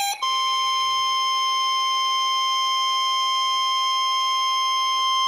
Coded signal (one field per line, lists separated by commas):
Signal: Emergency Alert System (SAME) tones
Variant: 1050 Hz attention tone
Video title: (EAS #581): Severe Thunderstorm Warning